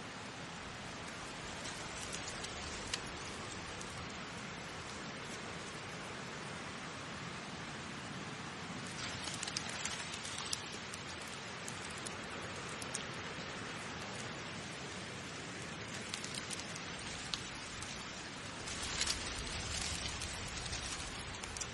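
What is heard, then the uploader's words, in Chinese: Leaves rustle in a light breeze, a dense, steady hiss that fills the whole clip. The rustling swells a little brighter around nine to ten seconds and again near nineteen seconds, with slightly fuller low sound toward the end. 微风树叶。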